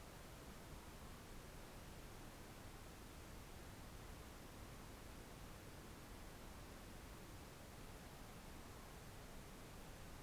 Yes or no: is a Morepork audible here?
yes